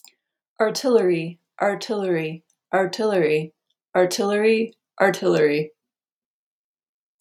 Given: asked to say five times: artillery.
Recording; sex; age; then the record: repeated word; female; 30 to 39 years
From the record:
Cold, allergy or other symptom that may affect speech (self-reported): no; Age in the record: 38 years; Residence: Colorado, United States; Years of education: 18